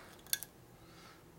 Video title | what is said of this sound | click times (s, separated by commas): 1967 74ci shovelhead #114 flh bike assembly motor rebuild harley craigslist special tatro machine | Heard it pop in there. | 0.3 s